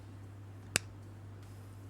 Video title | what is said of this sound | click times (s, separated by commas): ENCELADE BY MARC ANTOINE BARROIS - LATEST RELEASE - UNBOXING & INITIAL IMPRESSIONS | the cap is you know very good and it fits nicely you'll be able to hear the click here | 0.8 s